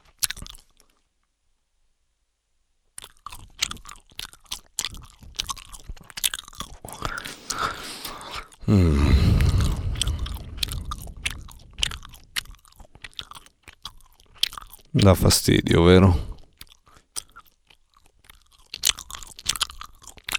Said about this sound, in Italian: Quando uno ti mastica così nell'orecchio. Io non lo sopporterei. Proprio ti entra nel cervello.